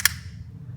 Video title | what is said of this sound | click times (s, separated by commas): How to Make a String | And then this should, with a slight positive click, fit into there. | 0.1 s